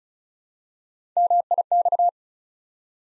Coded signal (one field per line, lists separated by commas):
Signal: Morse code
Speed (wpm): 35 wpm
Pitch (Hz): 700 Hz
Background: none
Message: MIX